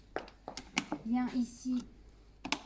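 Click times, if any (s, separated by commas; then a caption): 2.5 s. The air hose harness connector of a pressure-relief mattress system is pushed into its socket on the compressor unit, with a few short knocks as it is handled while someone talks. A quick double snap, like plastic clipping together, sounds at about 2.5 s, and the connector is seated.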